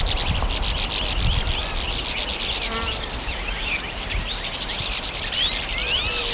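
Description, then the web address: Bank swallows calling: a dense chorus of short buzzy, raspy notes overlapping continuously, with scattered thin chirps above a low rumbling background. "swallows"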